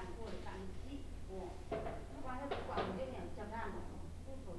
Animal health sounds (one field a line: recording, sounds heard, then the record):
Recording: poultry house recording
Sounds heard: no chicken sound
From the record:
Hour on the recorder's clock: 17